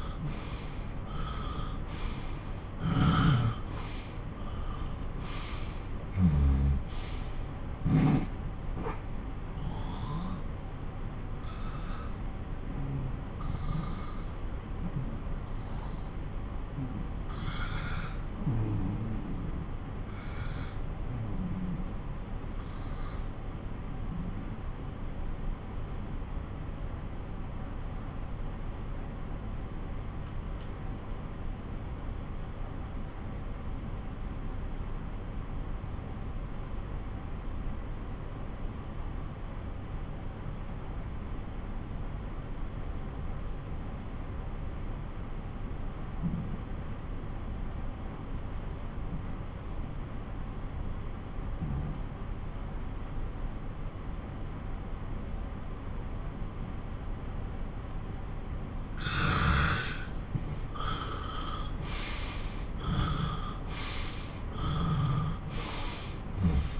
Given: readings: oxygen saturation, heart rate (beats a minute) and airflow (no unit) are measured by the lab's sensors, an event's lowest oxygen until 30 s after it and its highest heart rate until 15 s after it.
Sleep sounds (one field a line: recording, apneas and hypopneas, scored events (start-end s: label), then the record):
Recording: breathing in sleep by a smartphone at the bedside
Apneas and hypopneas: 1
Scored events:
6.00-58.90 s: obstructive apnea (N1, oxygen 96% highest, then 85% lowest)
25.00-66.80 s: new sleep stage, N2 (light sleep)
From the record:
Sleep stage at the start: N1 (lightest sleep)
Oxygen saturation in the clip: 88 to 96%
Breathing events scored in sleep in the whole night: 217 in 6.3 hours asleep